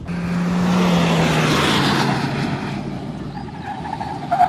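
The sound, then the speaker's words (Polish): A car engine drones loudly with a steady low hum that dips slightly in pitch, then fades into a quieter rumble with faint higher whines near the end, at a rally of enthusiasts of cars bearing the three-diamond badge. No one speaks. “no ale w tym przypadku mamy do czynienia chyba z miłością, bo z roku na rok na zjeździe miłośników aut pod znaku trzech diamentów jest coraz więcej ludzi.”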